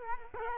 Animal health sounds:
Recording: mosquito wingbeat signal from an infrared sensor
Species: Culex quinquefasciatus

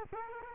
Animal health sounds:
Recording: mosquito wingbeat signal from an infrared sensor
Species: Culex quinquefasciatus

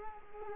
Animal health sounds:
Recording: mosquito wingbeat signal from an infrared sensor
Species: Culex quinquefasciatus

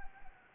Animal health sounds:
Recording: mosquito wingbeat signal from an infrared sensor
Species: Anopheles gambiae

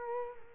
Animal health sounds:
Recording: mosquito wingbeat signal from an infrared sensor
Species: Culex quinquefasciatus

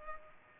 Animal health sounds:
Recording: mosquito wingbeat signal from an infrared sensor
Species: Culex pipiens

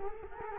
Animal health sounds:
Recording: mosquito wingbeat signal from an infrared sensor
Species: Culex quinquefasciatus

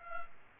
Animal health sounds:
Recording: mosquito wingbeat signal from an infrared sensor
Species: Culex pipiens

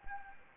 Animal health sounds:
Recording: mosquito wingbeat signal from an infrared sensor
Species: Anopheles gambiae

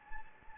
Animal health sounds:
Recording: mosquito wingbeat signal from an infrared sensor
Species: Anopheles gambiae

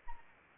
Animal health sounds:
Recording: mosquito wingbeat signal from an infrared sensor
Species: Anopheles arabiensis

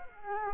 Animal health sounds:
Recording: mosquito wingbeat signal from an infrared sensor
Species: Culex quinquefasciatus

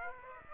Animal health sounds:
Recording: mosquito wingbeat signal from an infrared sensor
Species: Aedes aegypti

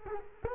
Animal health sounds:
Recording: mosquito wingbeat signal from an infrared sensor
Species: Culex quinquefasciatus

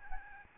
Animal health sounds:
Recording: mosquito wingbeat signal from an infrared sensor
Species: Aedes albopictus

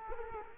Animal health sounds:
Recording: mosquito wingbeat signal from an infrared sensor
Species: Culex quinquefasciatus

